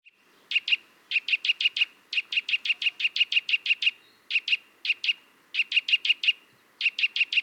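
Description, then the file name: Eurasian nuthatch calling: bright, whistled 'twit' notes delivered rapidly in short bursts, repeated with brief pauses, in an otherwise quiet background. "Sitta europaea"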